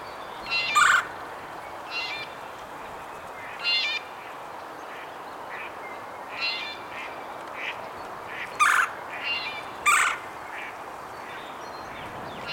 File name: Melanerpes carolinus - Red-bellied Woodpecker